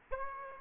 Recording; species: mosquito wingbeat signal from an infrared sensor; Aedes aegypti